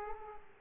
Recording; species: mosquito wingbeat signal from an infrared sensor; Aedes aegypti